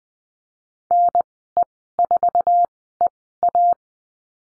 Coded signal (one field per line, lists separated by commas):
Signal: Morse code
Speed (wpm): 20 wpm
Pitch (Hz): 700 Hz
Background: none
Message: NE4EA